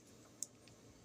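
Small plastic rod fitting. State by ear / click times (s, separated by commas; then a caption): not seated / none. Someone tries to snap a broken part of a fishing rod back into the rod, producing small sharp clicks at about 0.4 s and 1.1 s and a fainter tick near 0.7 s over a quiet background. The part has not clicked or locked into place yet.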